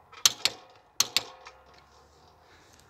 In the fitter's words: Počuli ste to kliknutie? To znamená, že sme dosiahli uťahocý moment 65 Nm.